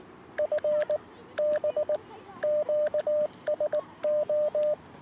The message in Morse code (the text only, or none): FB QSO